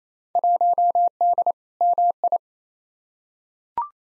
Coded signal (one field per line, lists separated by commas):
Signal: Morse code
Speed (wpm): 27 wpm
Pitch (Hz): 700 Hz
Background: none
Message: 1D MI